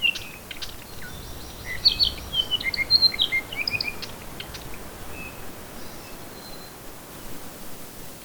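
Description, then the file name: Bird song: a jumbled burst of quick high chirps and twittering notes, then a few faint calls trailing off. "manu birdsongs"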